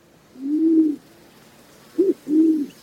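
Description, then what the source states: Band-tailed Pigeon cooing: a low, drawn-out coo, a pause, then a short clipped note followed at once by another low coo. Stocky bird with a band of light gray feathers at the tail tip, displayed in flight.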